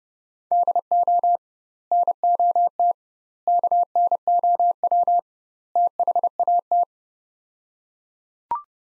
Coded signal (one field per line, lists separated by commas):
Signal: Morse code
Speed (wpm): 30 wpm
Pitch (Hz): 700 Hz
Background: none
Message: DO NOT KNOW THAT